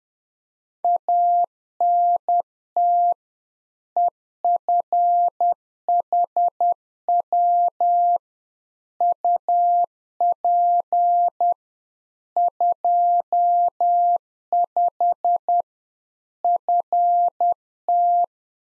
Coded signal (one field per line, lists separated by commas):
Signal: Morse code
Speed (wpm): 10 wpm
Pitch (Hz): 700 Hz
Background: none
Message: ANT EFHW UP 25 FT